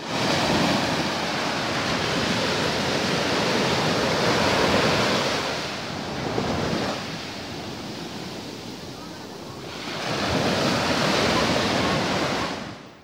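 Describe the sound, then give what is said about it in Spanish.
Ocean waves crash in a steady, roaring wash of surf, swelling loudly, easing off into a softer hiss midway, then surging again toward the end. No voices are heard. “Cuando vamos a la playa y miramos el mar y sus imponentes olas, lo podemos sentir cerca porque lo vemos.”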